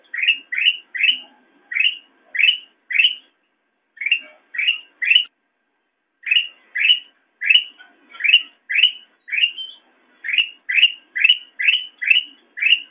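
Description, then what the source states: Sooty-headed bulbul sounding upslurred chirps in runs of several notes, separated by short pauses. Recording made for training songbirds (masteran).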